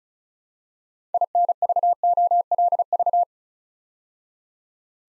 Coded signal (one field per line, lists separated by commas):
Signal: Morse code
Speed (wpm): 36 wpm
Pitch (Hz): 700 Hz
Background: none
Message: INVOLV